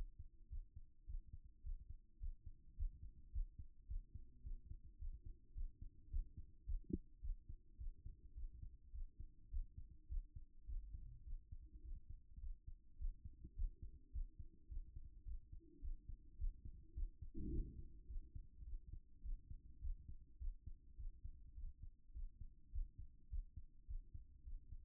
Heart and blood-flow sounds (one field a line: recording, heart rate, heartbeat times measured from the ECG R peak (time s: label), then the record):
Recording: heart sounds by stethoscope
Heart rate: 105 bpm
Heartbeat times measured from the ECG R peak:
0.48 s: heartbeat
1.05 s: heartbeat
1.62 s: heartbeat
2.18 s: heartbeat
2.75 s: heartbeat
3.31 s: heartbeat
3.86 s: heartbeat
4.42 s: heartbeat
4.97 s: heartbeat
5.53 s: heartbeat
6.09 s: heartbeat
6.64 s: heartbeat
7.20 s: heartbeat
7.76 s: heartbeat
8.33 s: heartbeat
8.91 s: heartbeat
9.49 s: heartbeat
10.07 s: heartbeat
10.65 s: heartbeat
11.23 s: heartbeat
11.81 s: heartbeat
12.39 s: heartbeat
12.97 s: heartbeat
13.54 s: heartbeat
14.11 s: heartbeat
14.67 s: heartbeat
15.24 s: heartbeat
15.80 s: heartbeat
16.36 s: heartbeat
16.93 s: heartbeat
17.49 s: heartbeat
18.06 s: heartbeat
18.63 s: heartbeat
19.21 s: heartbeat
19.80 s: heartbeat
20.38 s: heartbeat
20.96 s: heartbeat
21.54 s: heartbeat
22.12 s: heartbeat
22.71 s: heartbeat
23.28 s: heartbeat
23.86 s: heartbeat
24.43 s: heartbeat
From the record:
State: after exercise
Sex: male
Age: 37 years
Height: 170 cm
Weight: 86 kg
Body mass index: 29.76